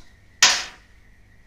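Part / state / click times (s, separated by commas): motherboard I/O shield into computer case rear opening / seated / 0.4 s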